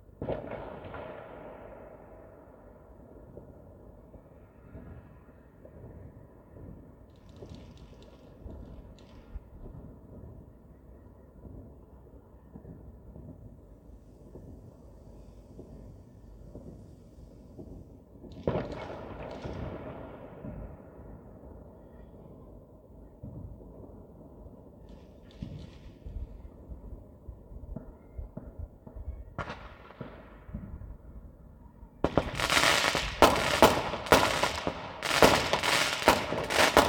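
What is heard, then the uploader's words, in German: New Year's Eve fireworks: a steady low rumble of distant-sounding bangs and crackles runs throughout, with louder bursts near 18 and 30 seconds. From about 32 seconds the crackling turns dense and bright, with rapid sharp pops stacking up until the end. Silvesternacht: Feuerwerk und Freude.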